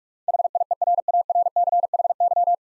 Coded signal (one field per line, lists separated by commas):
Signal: Morse code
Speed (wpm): 43 wpm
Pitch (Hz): 700 Hz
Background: none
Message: HIERARCHY